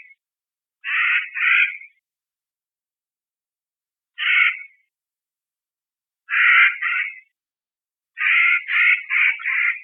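Clark's nutcracker uttering grating, rasping calls in doubled pairs and singles, ending in a rapid series of four harsh notes, with long pauses between bouts.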